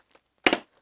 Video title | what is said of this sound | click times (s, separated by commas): Upgrading an All in One PC | until you hear those the latches pop up. | 0.5 s